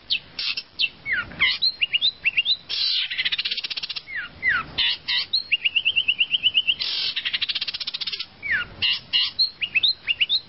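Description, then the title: Bird song, varied whistled notes, quick slurred chirps and fast rattling trills delivered in lively bursts, with little pause between phrases. "kikicau"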